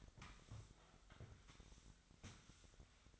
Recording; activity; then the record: daily activity, microphone in the room; sweep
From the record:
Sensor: 3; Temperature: 25.2 degrees Celsius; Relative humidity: 38.4%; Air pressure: 1001.6 hPa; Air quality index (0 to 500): 224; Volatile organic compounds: 31 ppm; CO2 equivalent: 2978 ppm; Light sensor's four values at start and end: 11/34/15/12 and 11/34/15/12